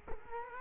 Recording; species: mosquito wingbeat signal from an infrared sensor; Culex quinquefasciatus